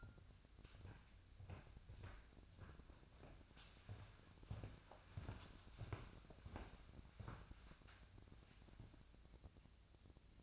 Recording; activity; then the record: daily activity, microphone in the room; walk to room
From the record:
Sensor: 2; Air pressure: 999.8 hPa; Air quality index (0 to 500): 117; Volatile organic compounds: 2 ppm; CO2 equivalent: 1014 ppm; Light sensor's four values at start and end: 33/77/35/39 and 33/77/35/39